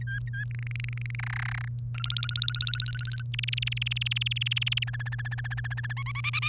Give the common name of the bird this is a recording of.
Domestic Canary